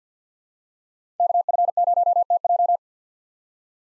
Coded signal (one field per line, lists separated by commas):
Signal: Morse code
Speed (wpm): 50 wpm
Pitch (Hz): 700 Hz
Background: none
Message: KF0TJ